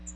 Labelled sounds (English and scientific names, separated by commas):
Magnolia Warbler (Setophaga magnolia) flight call